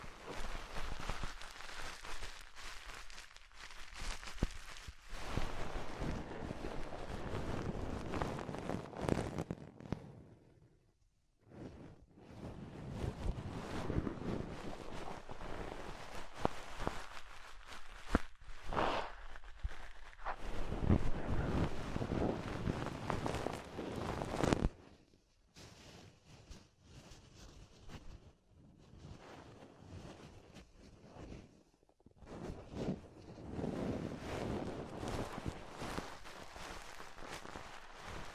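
Ear exploration sounds of dense, crackling rubbing and scratching against the microphone, pausing briefly near 11, 25 and 31 seconds.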